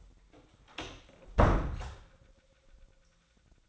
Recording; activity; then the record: daily activity, microphone in the room; close door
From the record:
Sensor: 3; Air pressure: 1009.2 hPa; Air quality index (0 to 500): 202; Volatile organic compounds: 4 ppm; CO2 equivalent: 1626 ppm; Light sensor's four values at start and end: 41/110/47/47 and 41/109/47/47